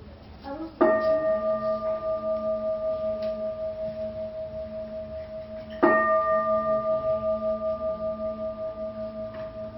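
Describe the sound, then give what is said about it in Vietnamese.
A resonant ritual bell is struck twice, several seconds apart, each strike ringing out in a sustained, shimmering tone that pulses gently as it slowly fades, with no talking. “Đến thầy ba tiếng chuông.”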